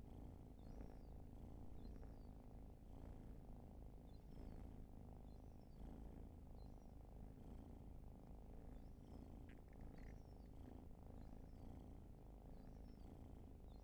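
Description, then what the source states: Soft cat purr running steadily underneath, with scattered brief bird chirps higher up across the whole stretch. Long purring session, raw field recording.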